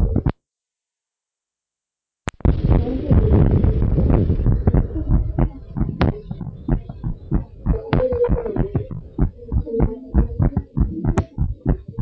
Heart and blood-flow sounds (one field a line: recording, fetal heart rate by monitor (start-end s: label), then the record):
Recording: heart sounds of a pregnant woman by stethoscope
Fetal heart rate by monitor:
no fetal heartbeat
From the record:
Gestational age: 32 weeks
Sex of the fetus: twin girls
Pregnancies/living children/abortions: 1/0/0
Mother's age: 20 years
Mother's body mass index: 25.0